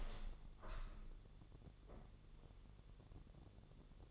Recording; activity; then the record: daily activity, microphone in the room; open window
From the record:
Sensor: 4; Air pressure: 1001.2 hPa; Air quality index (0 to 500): 161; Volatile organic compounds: 2 ppm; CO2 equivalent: 1155 ppm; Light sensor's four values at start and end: 12/29/12/12 and 12/29/12/12